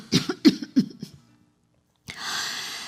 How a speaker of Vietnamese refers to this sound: Bà ngừng lại, ho mấy tiếng rồi tiếp.